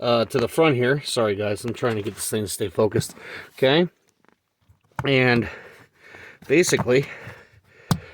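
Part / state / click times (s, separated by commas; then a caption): rubber floor mat retainer hole onto vehicle floor retention post / seated / 7.9 s. Someone talks while a Mopar rubber floor mat in a Dodge Durango is lined up over the vehicle's floor retention posts and pressed down. At 7.9 s the first retainer hole snaps onto its floor retention post with a single sharp knock, and the mat is seated in place.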